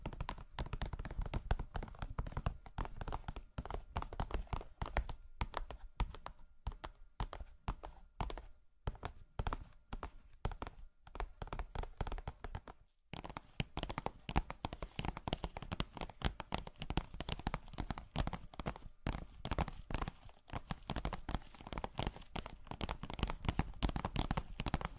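Rapid, dense tapping runs through the whole stretch, a flurry of sharp little knocks that sounds almost like hoofbeats. The taps thin out and soften between about six and thirteen seconds, with a brief pause near thirteen, then return fuller and busier to the end.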